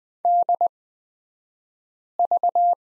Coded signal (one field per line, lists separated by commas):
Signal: Morse code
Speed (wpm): 20 wpm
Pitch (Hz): 700 Hz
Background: none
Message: DV